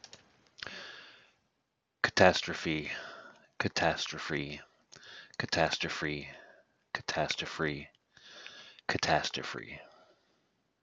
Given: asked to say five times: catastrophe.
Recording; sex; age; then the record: repeated word; male; 40 to 49 years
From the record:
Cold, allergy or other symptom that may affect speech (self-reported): no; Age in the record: 47 years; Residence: Michigan, United States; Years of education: 12